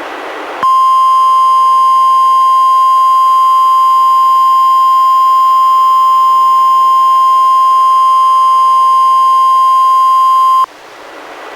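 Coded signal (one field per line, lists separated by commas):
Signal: Emergency Alert System (SAME) tones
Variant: 1050 Hz attention tone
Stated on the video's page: NWR required weekly test from NWS Portland, relayed by KEC91 in Astoria, recorded directly from a Reecom R-1630 weather radio via USB.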